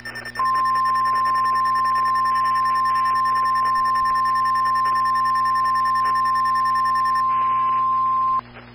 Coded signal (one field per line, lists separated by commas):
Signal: Emergency Alert System (SAME) tones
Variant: 1050 Hz attention tone